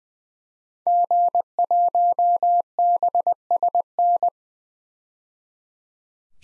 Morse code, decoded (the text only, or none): G1BSN